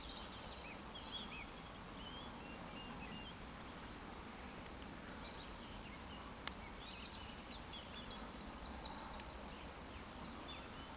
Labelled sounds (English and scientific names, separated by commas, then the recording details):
Eurasian Woodcock (Scolopax rusticola) whistle
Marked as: whistle, whistle, whistle, whistle
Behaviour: display flight
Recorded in Baden-Württemberg, Germany, on 14 June 2020 at 19:59 UTC
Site 14569, 102 m above sea level